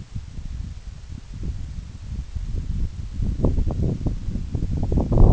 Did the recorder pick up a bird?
no